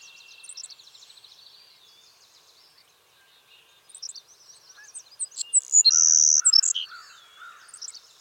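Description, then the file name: Savannah sparrow song: thin high ticking notes, then a loud sizzling buzz near the end, closed by a few short high chips; other faint high notes scattered throughout. "Passerculus sandwichensis - Savannah Sparrow"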